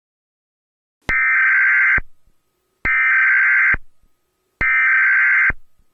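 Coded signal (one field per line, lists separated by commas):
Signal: Emergency Alert System (SAME) tones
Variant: header bursts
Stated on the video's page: Fictional EAS alert recreating the alternate alert from Mandela Catalogue.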